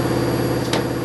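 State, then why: Torque reached. A torque wrench set to 4 Nm tightens a stem clamp bolt on a bicycle stem against a steady low hum. It gives a short, sharp click at 0.7 s when it reaches the setting, confirming the bolt is at torque.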